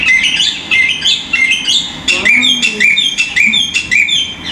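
Bird calls: short rising chirped notes repeated about twice a second, some overlapping, with a brief lower sliding sound in the middle.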